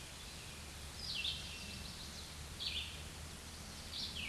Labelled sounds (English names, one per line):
Red-eyed Vireo song